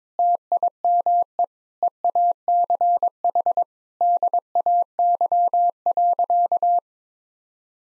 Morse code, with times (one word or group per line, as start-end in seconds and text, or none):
0.2-1.4 TIME
1.8-3.6 EACH
4.0-6.8 DAY.